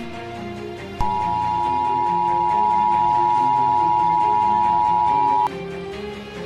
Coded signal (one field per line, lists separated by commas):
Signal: Emergency Alert System (SAME) tones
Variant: 853 and 960 Hz attention tone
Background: music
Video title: EAS Scenario: Alien Armada